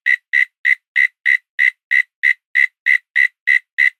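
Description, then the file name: Cricket chirping: short, buzzy pulses repeated steadily about three times a second, evenly spaced, with nothing else audible between them. A lone cricket calling at night in Australia during autumn. "zapsplat animal insect cricket lone call night australia autumn"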